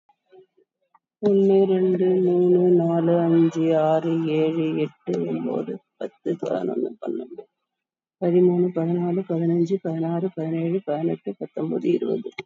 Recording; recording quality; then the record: counting at a normal pace; excellent, no background noise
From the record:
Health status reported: COVID-19 positive, moderate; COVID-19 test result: positive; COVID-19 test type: RT-PCR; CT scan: taken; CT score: 17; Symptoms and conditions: cough, cold, fatigue, asthma, hypertension, diabetes, another condition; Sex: female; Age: 56 years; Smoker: no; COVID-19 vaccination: one dose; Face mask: worn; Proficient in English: yes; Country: India